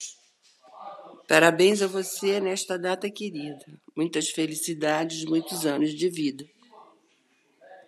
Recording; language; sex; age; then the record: short text; Brazilian Portuguese; female; 60 to 69 years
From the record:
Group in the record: control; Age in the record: 61 years